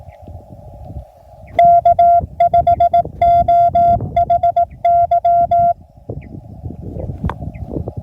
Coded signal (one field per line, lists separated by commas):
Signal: Morse code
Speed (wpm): 20 wpm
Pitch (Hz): 690 Hz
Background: none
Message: K5OHY